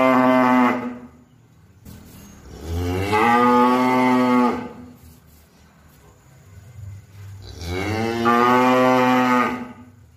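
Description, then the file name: Cow mooing: three loud, drawn-out moos, one at the start, one in the middle and one near the end, each dropping off into quiet. "suara sapi"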